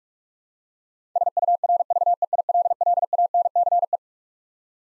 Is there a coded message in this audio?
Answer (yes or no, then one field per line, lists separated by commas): yes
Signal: Morse code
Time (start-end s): 1.2-4.0 s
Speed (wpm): 46 wpm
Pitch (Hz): 700 Hz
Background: none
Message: SURVEILLANCE